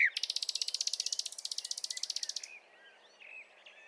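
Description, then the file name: Common nightingale song: a long, fast rattle of many harsh, buzzy pulses, followed by soft scattered notes. "Luscinia megarhynchos"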